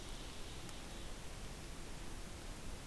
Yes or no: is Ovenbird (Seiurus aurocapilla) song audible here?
no